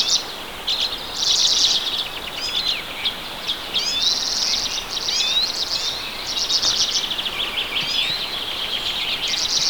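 Redpoll giving dense, high chattering and buzzy trilled calls almost without pause, with sliding twittering notes woven through.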